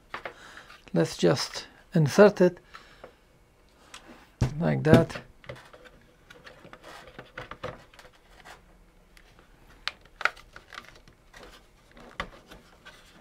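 Someone talks while positioning a wi-fi module's connector to plug into a Riden RD6018 programmable 60V 18A 1080W buck converter power supply, with soft handling and a few short, sharp ticks near the end. Nothing has seated or clicked into place yet.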